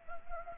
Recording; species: mosquito wingbeat signal from an infrared sensor; Anopheles gambiae